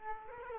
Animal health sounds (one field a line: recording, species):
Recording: mosquito wingbeat signal from an infrared sensor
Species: Culex quinquefasciatus